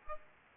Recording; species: mosquito wingbeat signal from an infrared sensor; Aedes aegypti